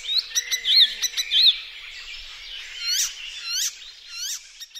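Icterine warbler song: quick chattering notes and sharp rising-falling whistles, then a pause and a few loud hooked notes repeated about every two-thirds of a second.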